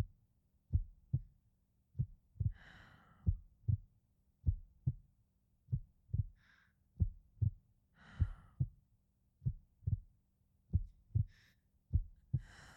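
Deep, paired lub-dub thumps of a woman's heart repeat steadily at about 48 beats a minute, each pair crisp and low-pitched. This is a slow, regular, normal heartbeat. Soft airy breath sounds drift in between some beats.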